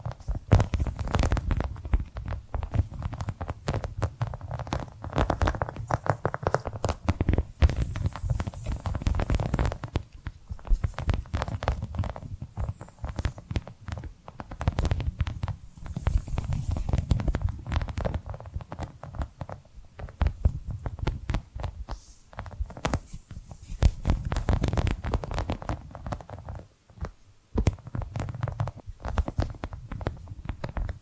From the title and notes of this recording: ASMR 10 Hypnotic Tapping & Scratching Sounds for DEEP SLEEP (No Talking).